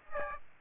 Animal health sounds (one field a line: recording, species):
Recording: mosquito wingbeat signal from an infrared sensor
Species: Aedes aegypti